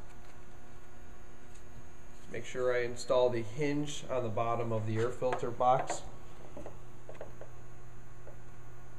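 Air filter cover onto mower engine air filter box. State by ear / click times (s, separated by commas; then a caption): not seated / none. Someone talks while a plastic air filter cover's hinge is set onto the bottom of the air filter box on a Honda mower engine, before the cover is swung shut. Only a few soft taps follow, around 6.6 to 7.4 seconds. Nothing has snapped or clicked into place yet.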